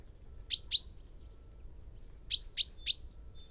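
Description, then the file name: Common chaffinch calling with brief bright chips, a pair first and then a run of three after a short silence. "Fringilla coelebs"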